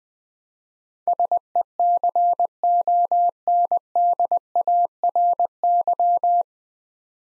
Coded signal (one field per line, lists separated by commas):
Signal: Morse code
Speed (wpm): 21 wpm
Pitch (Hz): 700 Hz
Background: none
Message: SECONDARY